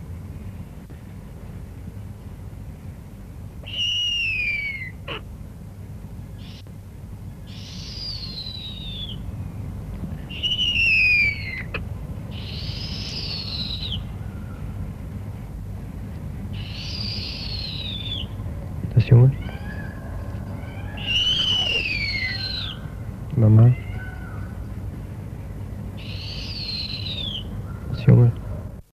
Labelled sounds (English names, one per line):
Snowy Owl call